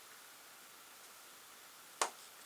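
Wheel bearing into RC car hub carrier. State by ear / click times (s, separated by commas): seated / 2.0 s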